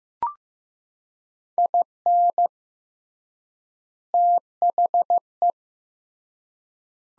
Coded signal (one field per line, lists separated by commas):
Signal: Morse code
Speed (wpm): 15 wpm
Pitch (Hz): 700 Hz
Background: none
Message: IN THE